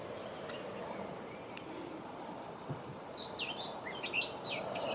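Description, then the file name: Blackcap singing, a scratchy high warble that starts midway and grows busier toward the end, over steady low background noise. "طائر القبعة السوداء"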